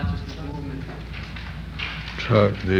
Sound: cameras clicking

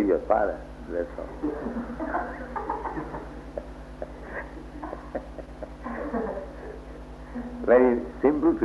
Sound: laughter

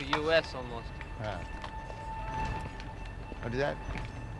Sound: loud siren

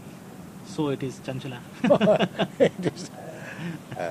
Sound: laughter

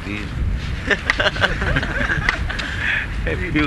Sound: laughter

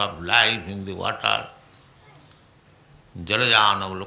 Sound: child talking

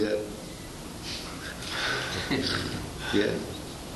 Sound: laughs

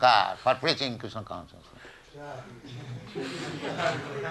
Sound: laughter

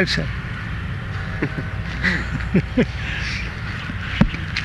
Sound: laughs

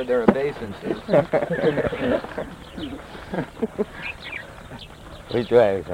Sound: laughter

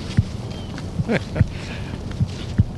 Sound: Prabhupāda laughs

